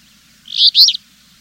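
Bird giving a single high, buzzy two-part chirp against a faint low hum.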